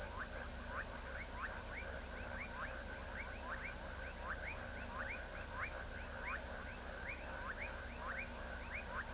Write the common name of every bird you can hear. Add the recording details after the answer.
none. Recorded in pastures near Pivijay, Magdalena, Colombia, on 2 June 2023 at 20:30. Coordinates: 10.456, -74.369. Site P6-G026